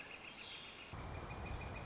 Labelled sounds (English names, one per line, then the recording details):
Northern Flicker
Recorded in Sonoma County, California